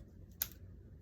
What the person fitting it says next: such a satisfying click into place